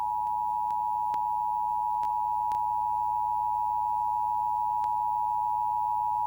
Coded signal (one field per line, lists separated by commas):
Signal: Emergency Alert System (SAME) tones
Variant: 853 and 960 Hz attention tone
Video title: KTVU National EAS test 10/3/2023